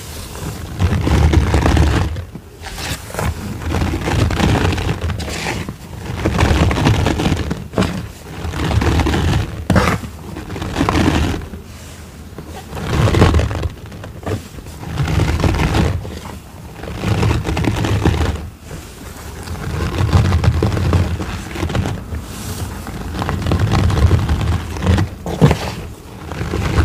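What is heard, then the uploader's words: Soft squeaks and wet scraping of cornstarch paste come in uneven bursts every few seconds, with brief quiet gaps. Cornstarch Squeaks.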